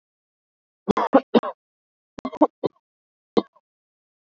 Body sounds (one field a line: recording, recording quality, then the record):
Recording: shallow voluntary cough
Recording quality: excellent, no background noise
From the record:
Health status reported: COVID-19 positive, mild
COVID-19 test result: positive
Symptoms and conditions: cough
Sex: male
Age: 30 years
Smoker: not ticked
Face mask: not worn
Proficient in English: yes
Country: India